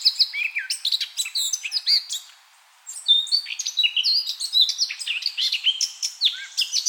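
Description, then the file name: Eurasian blackcap warble of quick chirps and whistles, broken by a brief silence of under a second before resuming just as richly. "Sylvia atricapilla"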